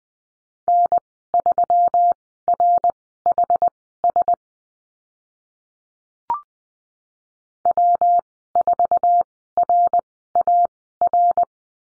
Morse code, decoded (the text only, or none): N3RHS W4RAR